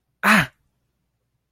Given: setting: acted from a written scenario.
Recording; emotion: vocal sound without words; pain